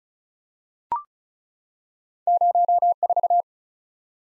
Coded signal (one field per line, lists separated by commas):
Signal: Morse code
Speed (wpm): 36 wpm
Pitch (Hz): 700 Hz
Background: none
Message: 04